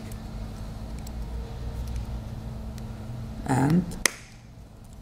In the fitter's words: heard a click click right I squeezed it together it's nicely all